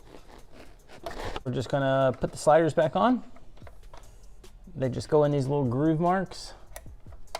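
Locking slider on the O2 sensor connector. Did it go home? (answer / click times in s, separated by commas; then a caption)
yes / 6.8 s, 7.4 s. Plastic locking sliders are pushed back onto the O2 sensor connectors of a BMW B58 M340i during a downpipe install, going into small groove marks. Someone talks over faint handling noise, then the sliders click in at about 6.8 s and 7.3 s, seating the connector locks.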